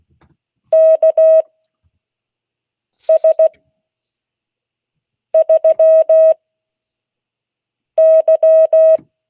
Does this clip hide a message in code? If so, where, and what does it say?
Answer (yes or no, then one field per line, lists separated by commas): yes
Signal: Morse code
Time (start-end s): 0.7-9.0 s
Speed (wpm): 16 wpm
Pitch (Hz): 640 Hz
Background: none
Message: KS3Y